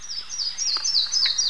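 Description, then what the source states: Yellow warbler song: a rapid series of high, sweet downslurred notes, with a faint low hum throughout. Recorded at Mitchell Lake.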